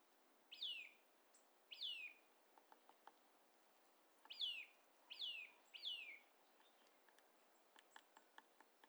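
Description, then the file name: Eurasian nuthatch calls, clear downslurred notes, two early and three later in quick succession, with faint ticking sounds between. "Sitta europaea"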